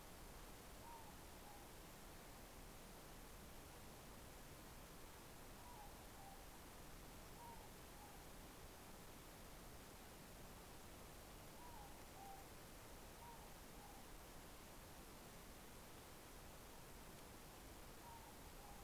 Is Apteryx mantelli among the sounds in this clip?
no